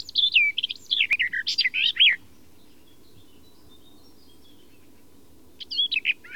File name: fauvette des jardins